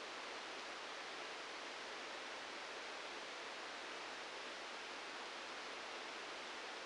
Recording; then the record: brain microelectrode recording played as sound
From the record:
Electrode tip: outside the subthalamic nucleus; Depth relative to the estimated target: 1 mm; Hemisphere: right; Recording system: NeuroSet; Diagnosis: Parkinson's disease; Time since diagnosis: 9 years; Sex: male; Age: 56 years